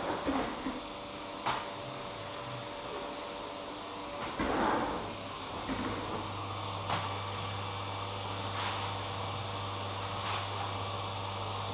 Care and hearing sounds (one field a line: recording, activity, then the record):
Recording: daily activity, microphone in the room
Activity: vacuum cleaning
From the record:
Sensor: 1